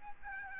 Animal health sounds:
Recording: mosquito wingbeat signal from an infrared sensor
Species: Aedes albopictus

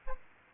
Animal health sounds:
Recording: mosquito wingbeat signal from an infrared sensor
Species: Aedes aegypti

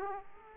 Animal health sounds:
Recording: mosquito wingbeat signal from an infrared sensor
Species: Aedes aegypti

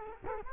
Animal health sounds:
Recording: mosquito wingbeat signal from an infrared sensor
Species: Culex quinquefasciatus

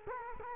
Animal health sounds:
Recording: mosquito wingbeat signal from an infrared sensor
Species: Culex quinquefasciatus

